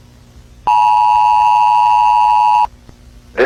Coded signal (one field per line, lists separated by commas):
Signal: Emergency Alert System (SAME) tones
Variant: 853 and 960 Hz attention tone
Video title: EAS Project PLAYER {gorilla} (GORILLA TAG EAS ALARM NOT STOLEN)